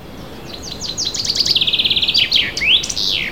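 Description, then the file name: Common chaffinch song: a series of chipping notes rolls into a rapid, even trill, then a rising slur and a sharp, falling terminal flourish. "Fringilla coelebs"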